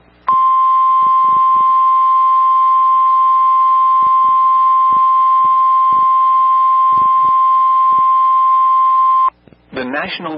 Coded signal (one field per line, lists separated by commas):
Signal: Emergency Alert System (SAME) tones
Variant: 1050 Hz attention tone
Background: speech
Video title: Tornado Warning (4/17/26) [EAS #389]